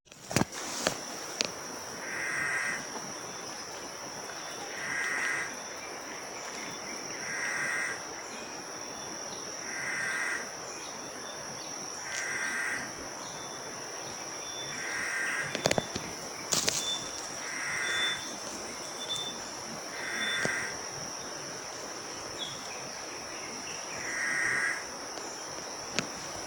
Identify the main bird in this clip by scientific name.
Laniarius willardi